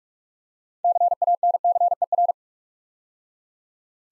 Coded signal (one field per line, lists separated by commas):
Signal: Morse code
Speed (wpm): 44 wpm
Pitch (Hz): 700 Hz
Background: none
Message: CANCER